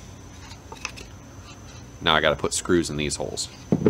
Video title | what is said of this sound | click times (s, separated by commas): Automatic Dust Collector Made With 3D Printed Parts | you'll hear the first click as the switch goes over that back ramp there's the outward detent and the inward detent | 0.7 s, 0.9 s